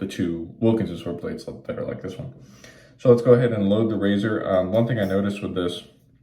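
A man talks while handling a double-edge steel razor blade that is about to be pushed down onto the pins of a titanium safety razor base plate, where some blades need a little push to stick down and click. Only speech is heard. Nothing has seated or clicked yet.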